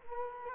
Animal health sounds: mosquito wingbeat signal from an infrared sensor; Culex quinquefasciatus

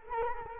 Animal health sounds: mosquito wingbeat signal from an infrared sensor; Culex quinquefasciatus

